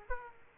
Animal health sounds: mosquito wingbeat signal from an infrared sensor; Aedes aegypti

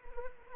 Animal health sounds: mosquito wingbeat signal from an infrared sensor; Anopheles arabiensis

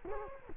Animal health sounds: mosquito wingbeat signal from an infrared sensor; Culex quinquefasciatus

